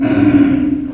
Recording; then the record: squeal of a Yucatan mini pig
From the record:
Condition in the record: after surgery on the right vocal fold (resection and tissue-engineered implant); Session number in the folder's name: 3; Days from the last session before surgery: 21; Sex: female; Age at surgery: 19 weeks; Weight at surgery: 25 kg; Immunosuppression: prednisolone